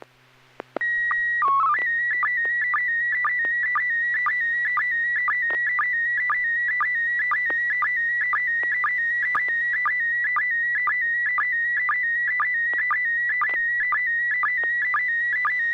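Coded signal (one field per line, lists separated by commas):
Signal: SSTV (slow-scan television)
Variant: PD 120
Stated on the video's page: SSTV images exchanged on a weekly amateur net via an FM repeater on 441.300 MHz in Sacramento, sent with MMSSTV software; tied to an ISS SSTV event.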